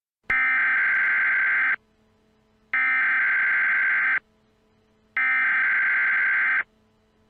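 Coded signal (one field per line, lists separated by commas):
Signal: Emergency Alert System (SAME) tones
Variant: header bursts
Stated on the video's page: Fictional EAS scenario, not a real alert.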